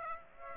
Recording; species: mosquito wingbeat signal from an infrared sensor; Aedes aegypti